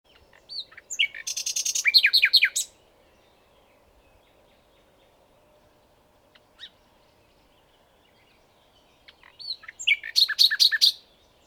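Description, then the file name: Common nightingale singing two loud phrases of rapid, rattling downslurred notes, separated by about six seconds of near silence with a couple of faint clicks. "Luscinia megarhynchos"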